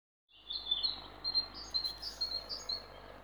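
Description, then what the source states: Songbird song: short, high, sweet whistled notes and twitters in quick succession over steady background hiss. Recorded 29 April 2020 in Ježdovec scrubland, at Rakitje lake or in Stupnik forest.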